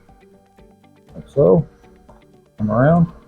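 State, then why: Not seated. A window sash balance shoe is slid in behind and rotated around in the window jamb track while a window balance is reinstalled. Someone talks over background music, with a few faint ticks beneath. Nothing has locked into place or clicked yet.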